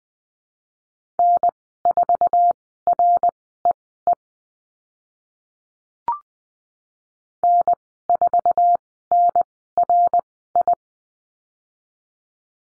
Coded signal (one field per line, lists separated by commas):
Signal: Morse code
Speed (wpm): 20 wpm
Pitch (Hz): 700 Hz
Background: none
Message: N4REE N4NRI